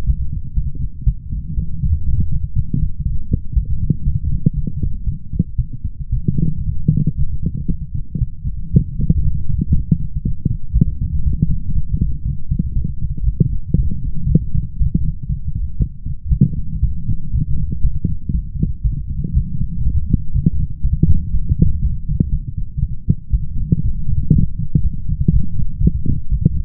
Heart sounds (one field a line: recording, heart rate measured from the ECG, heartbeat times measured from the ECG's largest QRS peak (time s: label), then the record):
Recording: heart sounds by stethoscope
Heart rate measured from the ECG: 119 bpm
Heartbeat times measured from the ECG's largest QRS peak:
0.05 s: heartbeat
0.54 s: heartbeat
1.04 s: heartbeat
1.55 s: heartbeat
2.04 s: heartbeat
2.54 s: heartbeat
3.03 s: heartbeat
3.54 s: heartbeat
4.04 s: heartbeat
4.54 s: heartbeat
5.05 s: heartbeat
5.56 s: heartbeat
6.10 s: heartbeat
6.64 s: heartbeat
7.16 s: heartbeat
7.67 s: heartbeat
8.19 s: heartbeat
8.72 s: heartbeat
9.23 s: heartbeat
9.73 s: heartbeat
10.23 s: heartbeat
10.73 s: heartbeat
11.23 s: heartbeat
11.73 s: heartbeat
12.23 s: heartbeat
12.74 s: heartbeat
13.25 s: heartbeat
13.76 s: heartbeat
14.27 s: heartbeat
14.77 s: heartbeat
15.27 s: heartbeat
15.78 s: heartbeat
16.29 s: heartbeat
16.81 s: heartbeat
17.31 s: heartbeat
17.82 s: heartbeat
18.32 s: heartbeat
18.82 s: heartbeat
19.33 s: heartbeat
19.83 s: heartbeat
20.32 s: heartbeat
20.82 s: heartbeat
21.31 s: heartbeat
21.81 s: heartbeat
22.30 s: heartbeat
22.80 s: heartbeat
23.31 s: heartbeat
23.82 s: heartbeat
24.32 s: heartbeat
24.82 s: heartbeat
25.31 s: heartbeat
25.80 s: heartbeat
26.29 s: heartbeat
From the record:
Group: healthy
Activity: light exercise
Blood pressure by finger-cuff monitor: 112/78 mmHg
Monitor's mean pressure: 87 mmHg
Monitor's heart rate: 119 bpm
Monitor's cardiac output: 8.5 L/min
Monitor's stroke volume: 72 mL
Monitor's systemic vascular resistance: 750 dyn s/cm5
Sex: female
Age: 19 years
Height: 163 cm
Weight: 48.9 kg